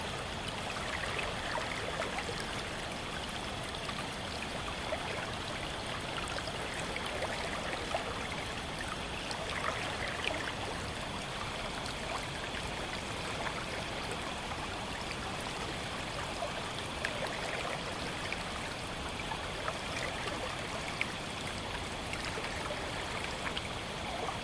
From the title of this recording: Soothing Water Sounds Stream White Noise